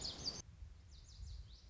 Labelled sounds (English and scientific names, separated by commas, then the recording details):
Lazuli Bunting (Passerina amoena)
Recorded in Sonoma County, California